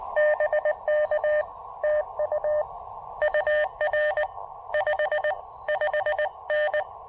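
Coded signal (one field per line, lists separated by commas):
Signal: Morse code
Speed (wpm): 20 wpm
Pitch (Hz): 600 Hz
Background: none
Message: BK TU UR 55N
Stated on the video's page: CW Parks on the Air activation with an Elecraft KX2 and a borrowed antenna.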